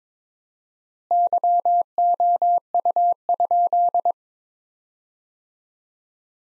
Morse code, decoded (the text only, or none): YOU?